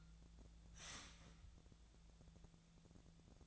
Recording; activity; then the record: daily activity, microphone in the room; start toaster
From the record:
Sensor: 3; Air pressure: 1000.2 hPa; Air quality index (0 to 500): 152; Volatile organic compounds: 3 ppm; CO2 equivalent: 1341 ppm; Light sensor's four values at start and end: 38/97/41/44 and 38/97/41/44